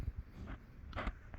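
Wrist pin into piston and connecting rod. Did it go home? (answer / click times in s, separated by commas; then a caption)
no / none. A wrist pin is lined up and pushed down into a piston and connecting rod. Low thumps and soft scuffing handling noises are heard, with a short faint tick near 1.3 s. The pin has not seated or clicked into place yet.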